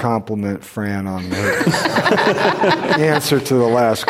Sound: laughter